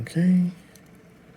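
A 32 GB micro SD card is handled at the spring-loaded card slot of a display board, about to be pushed in for flashing. Someone briefly talks at the start, followed by quiet handling noise. Nothing has seated or clicked yet; the card is not yet home.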